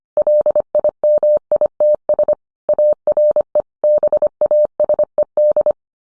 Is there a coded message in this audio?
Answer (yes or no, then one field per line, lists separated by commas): yes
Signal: Morse code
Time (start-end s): 0.2-5.7 s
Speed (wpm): 25 wpm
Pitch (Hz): 600 Hz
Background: none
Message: LIMITS ARE BASED